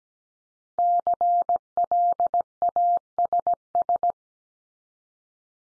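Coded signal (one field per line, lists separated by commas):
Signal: Morse code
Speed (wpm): 17 wpm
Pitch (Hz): 700 Hz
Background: none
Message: CLASS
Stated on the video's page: Morse word drill of the 500 most common English words at 17 wpm, each word sent three times, then once more.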